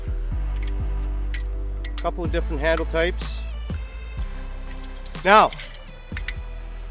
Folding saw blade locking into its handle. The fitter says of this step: Now, you want to make sure you got your hands clear there because she locks into place pretty good.